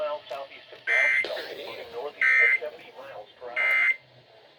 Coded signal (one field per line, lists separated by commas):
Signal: Emergency Alert System (SAME) tones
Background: speech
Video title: Crazy Afternoon. (EAS#101-109)